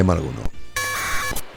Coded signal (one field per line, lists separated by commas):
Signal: packet radio (AX.25, as in APRS)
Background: speech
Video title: Interface para #APRS por menos de 3 euros.